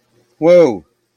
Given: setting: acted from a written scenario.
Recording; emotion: vocal sound without words; negative surprise